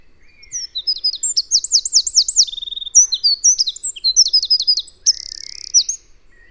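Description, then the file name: Eurasian wren song: a rapid, high, tumbling outpouring of sharp notes, with fast looping trills and a dry buzzy rattle near the end. "Troglodytes troglodytes"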